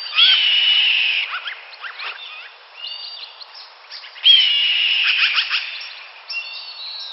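Hawk call, a long, harsh, high descending scream repeated twice, with softer chirps and rustling between the cries.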